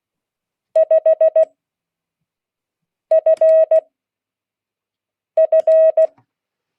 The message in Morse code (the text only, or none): 5 F F